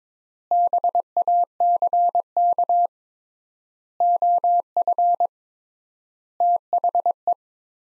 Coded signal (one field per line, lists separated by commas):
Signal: Morse code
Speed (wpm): 22 wpm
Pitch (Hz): 700 Hz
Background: none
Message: BACK OF THE